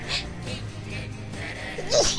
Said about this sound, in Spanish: Ay, la estornudación.